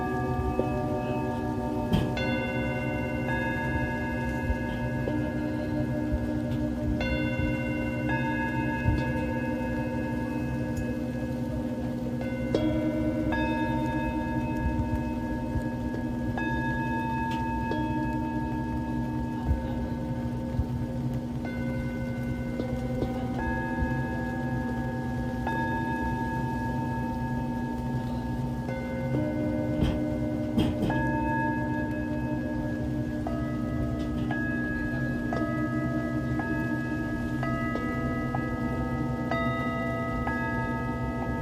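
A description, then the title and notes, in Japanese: Singing bowls are struck every few seconds, each ring layering over the last so several clear, sustained tones hum together and slowly fade. Underneath, a steady low wash of rain and surf rumbles on without pause, fairly dense. 雨のビーチで稲光を眺めつつシンギングボウルのサウンドヒーリング。メキシコ。雨音、雷鳴、波音とシンギングボウルのコラボレーション。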